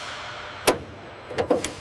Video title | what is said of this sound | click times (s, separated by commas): Inside the F-16 Fighting Falcon Factory Building the World's Most Successful Multirole Fighter Jet | Confirmed. Three clicks. | 1.4 s, 1.5 s, 1.6 s